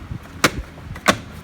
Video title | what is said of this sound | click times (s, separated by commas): How to Replace a Starter on a 2008 BMW 328i (N52) | like so and push on until it locks into place. | 0.4 s